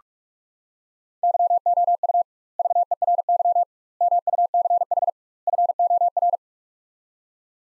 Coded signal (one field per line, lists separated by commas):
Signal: Morse code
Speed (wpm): 46 wpm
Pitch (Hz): 700 Hz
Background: none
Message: YOU VERY MUCH FOR